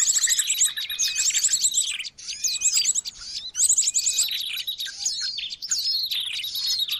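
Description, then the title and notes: Birds give a busy mix of chips, whistled slurs and fast high trills, all layered together. Noisy bird chatter used as a lure (pikat) for catching birds. "Master Burung Ribut. Burung Ribut Pikat"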